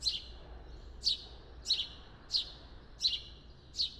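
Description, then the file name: House sparrow giving six sharp chirps, each a quick falling note, the first two a second apart and the rest roughly two-thirds of a second apart, with soft background rumble. "Passer domesticus"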